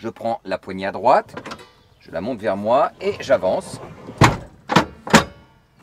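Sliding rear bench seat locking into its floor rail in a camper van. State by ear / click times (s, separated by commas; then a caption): seated / 5.1 s. In a camper van, someone talks while lifting the right-hand handle of the sliding rear bench seat and sliding the bench forward along its floor rail to set up the bed. Sharp knocks follow at about 4.2 s and 4.8 s. A final click at 5.2 s confirms the bench is properly locked in place.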